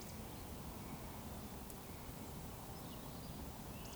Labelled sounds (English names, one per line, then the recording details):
Eurasian Woodcock whistle
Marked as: whistle, whistle
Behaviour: display flight
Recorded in Baden-Württemberg, Germany, on 19 May 2020 at 19:49 UTC
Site 31917, 145 m above sea level